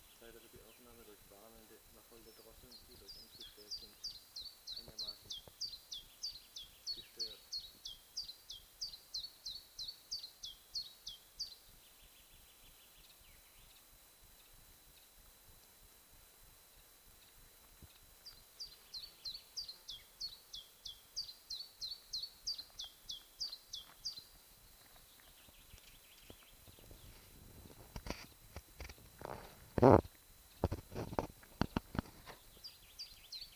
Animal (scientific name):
Phylloscopus collybita